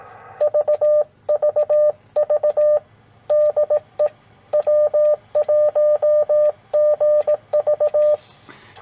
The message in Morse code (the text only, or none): VVV DE W1GV